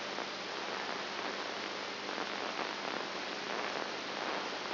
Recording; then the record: brain microelectrode recording played as sound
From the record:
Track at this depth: inside the subthalamic nucleus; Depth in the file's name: 4.7 mm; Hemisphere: right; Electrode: 2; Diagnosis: Parkinson's disease